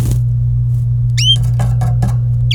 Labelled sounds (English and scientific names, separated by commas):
Domestic Canary (Serinus canaria) song